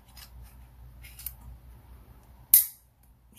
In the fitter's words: now it's in there and you just seal it back with this piece snaps